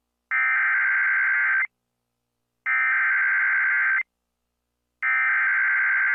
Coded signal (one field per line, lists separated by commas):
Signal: Emergency Alert System (SAME) tones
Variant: header bursts